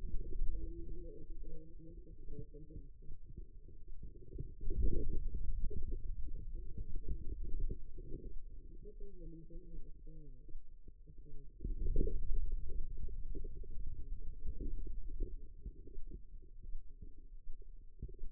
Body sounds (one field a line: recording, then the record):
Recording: forearm muscle sounds (acoustic myography)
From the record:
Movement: hand opening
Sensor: system 2, bracelet of six BSWA MPA416 microphones around the upper forearm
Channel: 3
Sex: female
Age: 25 years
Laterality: right